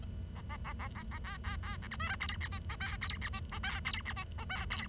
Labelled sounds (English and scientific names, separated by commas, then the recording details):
Bengalese Finch (Lonchura striata domestica) song
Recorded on 23 June 2012 at 09:42
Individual gr41rd51